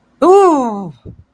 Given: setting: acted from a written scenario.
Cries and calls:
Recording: vocal sound without words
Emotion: negative surprise

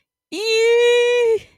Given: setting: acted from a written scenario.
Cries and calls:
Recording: vocal sound without words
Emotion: fear

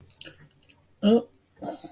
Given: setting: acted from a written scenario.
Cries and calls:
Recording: vocal sound without words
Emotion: neutral

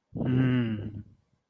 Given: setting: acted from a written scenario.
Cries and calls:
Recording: vocal sound without words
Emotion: sympathy

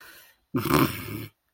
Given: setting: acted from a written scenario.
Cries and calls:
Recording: vocal sound without words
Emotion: contempt

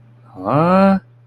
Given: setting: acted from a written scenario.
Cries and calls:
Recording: vocal sound without words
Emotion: confusion

